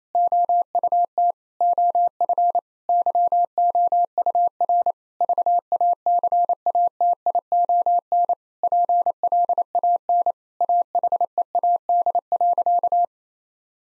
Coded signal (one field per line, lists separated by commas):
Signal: Morse code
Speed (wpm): 28 wpm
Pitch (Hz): 700 Hz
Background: none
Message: OUT OF YOUR VACATION PLAN AHEAD.